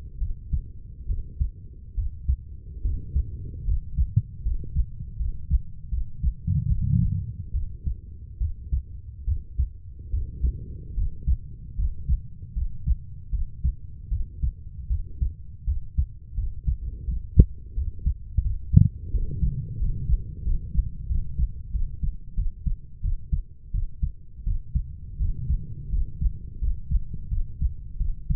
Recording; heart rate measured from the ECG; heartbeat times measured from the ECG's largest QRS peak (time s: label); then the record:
heart sounds by stethoscope; 80 bpm
0.19 s: heartbeat
1.07 s: heartbeat
1.95 s: heartbeat
2.82 s: heartbeat
3.65 s: heartbeat
4.43 s: heartbeat
5.17 s: heartbeat
5.90 s: heartbeat
6.68 s: heartbeat
7.52 s: heartbeat
8.38 s: heartbeat
9.25 s: heartbeat
10.11 s: heartbeat
10.95 s: heartbeat
11.76 s: heartbeat
12.54 s: heartbeat
13.31 s: heartbeat
14.09 s: heartbeat
14.88 s: heartbeat
15.65 s: heartbeat
16.35 s: heartbeat
17.05 s: heartbeat
17.74 s: heartbeat
18.42 s: heartbeat
19.11 s: heartbeat
19.78 s: heartbeat
20.43 s: heartbeat
21.07 s: heartbeat
21.71 s: heartbeat
22.35 s: heartbeat
23.01 s: heartbeat
23.71 s: heartbeat
24.44 s: heartbeat
25.18 s: heartbeat
25.90 s: heartbeat
26.59 s: heartbeat
27.29 s: heartbeat
27.97 s: heartbeat
From the record:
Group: healthy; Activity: rest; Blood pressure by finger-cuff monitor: 127/55 mmHg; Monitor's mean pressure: 75 mmHg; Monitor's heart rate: 79 bpm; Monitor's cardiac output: 9 L/min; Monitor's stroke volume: 112 mL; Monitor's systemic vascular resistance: 620 dyn s/cm5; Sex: female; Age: 32 years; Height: 168 cm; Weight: 61.9 kg